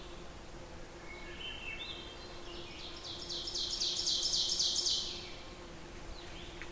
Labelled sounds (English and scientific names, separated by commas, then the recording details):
Ovenbird (Seiurus aurocapilla) song
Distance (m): 35 m
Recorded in boreal forest in Alberta, Canada, on 14 June 2016 at 05:57
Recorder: SongMeter 3, array SBT-3-33
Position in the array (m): 108 m, 8 m
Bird 21